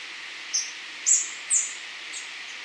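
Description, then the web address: Orange-crested flycatcher calls: three sharp high notes in quick succession over steady background hiss. Recorded in Ecuador. "Natures Songs S America Birds of Ecuador Orange-crested Flycatcher"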